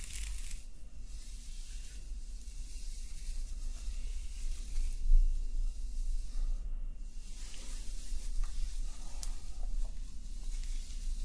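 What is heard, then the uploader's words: Hands play with hair, a soft crackling rustle over a constant low rumble, with airy swells around two and seven seconds. ASMR Friend Plays With Your Hair Until You Fall Asleep hair play personal attention roleplay.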